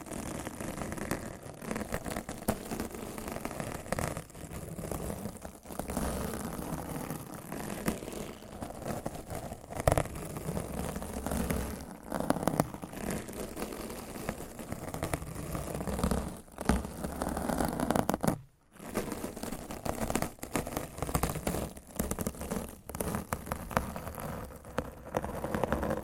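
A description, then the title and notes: Rough scratching and brushing across a microphone, a dense, gritty rush that runs almost without pause, full of rapid crackling strokes and low rumbling thumps. Loudness swells and dips with the strokes, and the sound cuts out for a moment around 18 seconds. ASMR Rough Mic Scratching & Brushing (No Talking).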